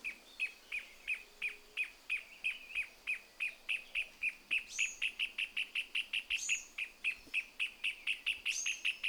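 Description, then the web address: Pale-legged hornero song: a long, fast run of sharp, even chipping notes, with higher squeaky notes breaking in three times. "sound Pale-legged-hornero. صدای-پرنده-هورنرو-پاروشن"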